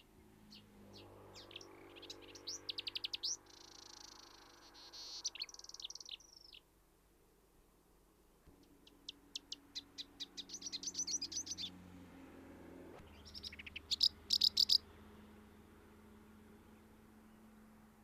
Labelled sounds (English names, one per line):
Marsh Warbler song